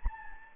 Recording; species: mosquito wingbeat signal from an infrared sensor; Anopheles gambiae